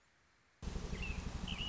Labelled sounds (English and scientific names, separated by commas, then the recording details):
American Robin (Turdus migratorius)
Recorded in Sonoma County, California